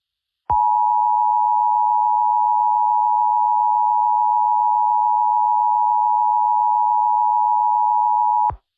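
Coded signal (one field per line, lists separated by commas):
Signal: Emergency Alert System (SAME) tones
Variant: 853 and 960 Hz attention tone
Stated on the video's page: Homemade mock EAS scenario made with CapCut, not a real alert.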